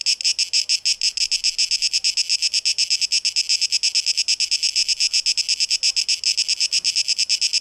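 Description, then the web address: Cicada buzzing, shrill and rasping, chopped into quick pulses throughout. Recorded 12 August 2023. "rauschpartikel 2023-08-12 Zikaden"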